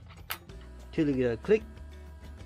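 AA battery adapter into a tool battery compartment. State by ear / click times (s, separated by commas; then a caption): seated / 0.3 s. An AA battery adapter holding four AA cells is slid into a tool's battery compartment in place of the rechargeable lithium-ion pack, with music playing in the background. A sharp plastic click at 0.3 s marks the adapter seating in the bay, and then someone talks.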